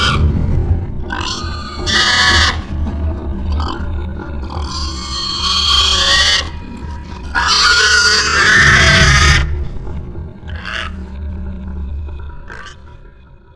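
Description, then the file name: Pig grunting low and letting out loud, harsh squeals in several drawn-out bursts, with scattered shorter grunts between. "Sound Collective - Pig Grunts and Squeals Screams"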